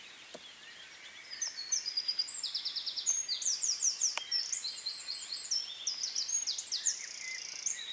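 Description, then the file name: Eurasian wren song starting after a short pause: loud, sustained, rapid high trills and rattles with sharp notes, continuing energetically to the end. "Troglodytes troglodytes"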